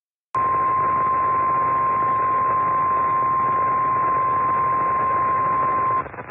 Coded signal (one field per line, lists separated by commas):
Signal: Emergency Alert System (SAME) tones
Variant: 1050 Hz attention tone